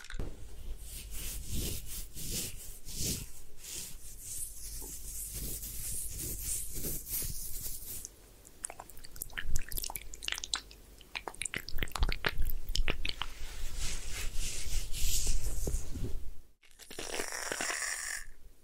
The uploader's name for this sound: Head Spa Hair Wash, Massage, Ear Cleaning